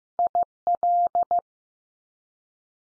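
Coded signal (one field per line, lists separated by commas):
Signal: Morse code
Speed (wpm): 14 wpm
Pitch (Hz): 700 Hz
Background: none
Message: IL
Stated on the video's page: 15 wpm head-copy drill of US state names, each sent three times, spoken, then sent again.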